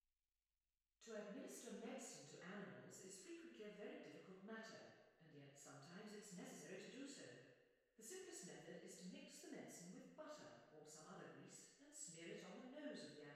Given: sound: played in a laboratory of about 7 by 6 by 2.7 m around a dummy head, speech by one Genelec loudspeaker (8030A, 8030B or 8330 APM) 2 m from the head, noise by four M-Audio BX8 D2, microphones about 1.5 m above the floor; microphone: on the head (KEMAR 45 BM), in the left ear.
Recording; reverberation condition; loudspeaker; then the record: female speech in English; high; 60 degrees to the right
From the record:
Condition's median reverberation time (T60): about 1300 ms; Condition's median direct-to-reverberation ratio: about -4.0 dB